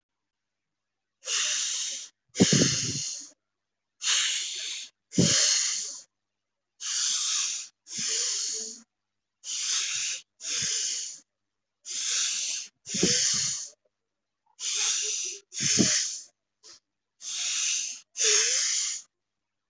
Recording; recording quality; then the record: deep breathing; excellent, no background noise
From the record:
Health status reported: healthy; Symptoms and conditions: none ticked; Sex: male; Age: 43 years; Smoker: not ticked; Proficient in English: no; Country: India